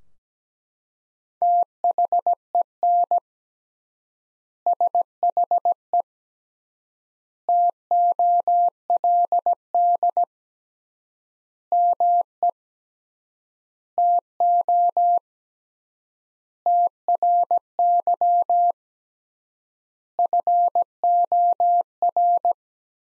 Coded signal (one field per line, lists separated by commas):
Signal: Morse code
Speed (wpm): 17 wpm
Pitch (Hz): 700 Hz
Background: none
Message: THEN SHE TOLD ME TO TRY FOR